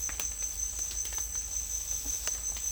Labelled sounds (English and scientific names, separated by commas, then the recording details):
none
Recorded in secondary vegetation near Puerto Asís, Putumayo, Colombia, on 21 December 2024 at 11:30
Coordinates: 0.484, -76.319
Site GP06